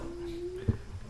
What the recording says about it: That was my stomach. It sounded like a fucking whale.